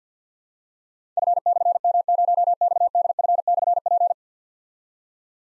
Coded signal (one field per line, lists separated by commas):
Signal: Morse code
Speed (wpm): 46 wpm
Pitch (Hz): 700 Hz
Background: none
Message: F/M0XDF/P